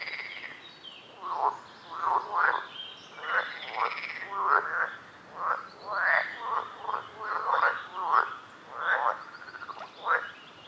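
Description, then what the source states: Frogs giving a run of short grating croaks at a quick, uneven pace throughout. Frogs calling at a lake.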